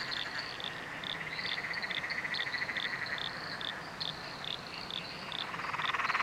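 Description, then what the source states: Frogs calling together in a dense chorus, repeated short higher notes over a continuous pulsing trill, swelling louder toward the end. Nocturnal frog chorus recorded at night under a bridge in Royal National Park.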